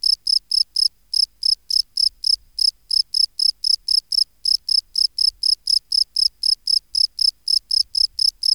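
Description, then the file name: Field cricket song, a run of high buzzy chirps at about four per second with a few short skipped beats. "Gryllus campestris"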